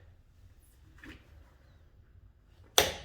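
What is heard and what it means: A click-type torque wrench set to 94 tightens a wheel lug nut on a Honda Odyssey minivan. After low, quiet handling noise with a faint rattle near 1.0 s, the wrench gives one sharp, loud click at 2.8 s. The lug nut is confirmed tightened to the set torque.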